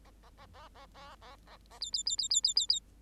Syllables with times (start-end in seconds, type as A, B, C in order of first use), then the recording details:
0.04-0.10 A, 0.23-0.30 A, 0.37-0.46 A, 0.54-0.68 A, 0.75-0.86 A, 0.94-1.16 A, 1.21-1.36 A, 1.46-1.57 A, 1.70-1.79 A, 1.81-1.90 B, 1.93-2.03 B, 2.06-2.16 B, 2.18-2.28 B, 2.30-2.41 B, 2.43-2.54 B, 2.56-2.67 B, 2.69-2.80 B. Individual Bird8